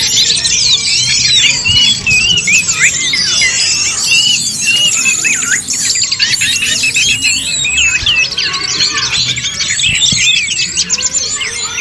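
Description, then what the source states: Birds chattering and singing together, a continuous mix of sharp squeaky notes, quick trills and looping whistles without pause. Birdsong compiled for 'memaster', training beloved pet birds to learn songs.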